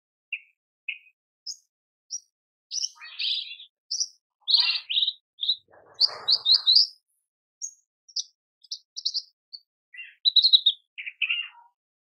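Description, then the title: Horsfield's bush lark singing varied high notes: spaced single chirps, then buzzy clusters and quick trills, with a rough lower burst around six seconds. Masteran recording for training cage birds; described as super gacor (persistent, energetic singing). "MASTERAN AMPUH KICAUAN BRANJANGAN SUPER GACOR"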